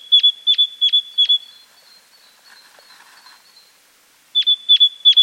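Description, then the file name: Great tit calls: bright, sharp high notes repeated in a quick run of four, then a pause with a faint thin whistle before another fast series begins. "Parus major"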